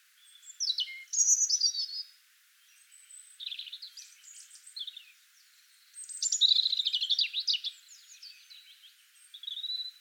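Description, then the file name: European robin delivering high, liquid warbling phrases with quick trills and thin whistles, two louder bursts separated by a quieter stretch, light hiss behind. "Erithacus rubecula"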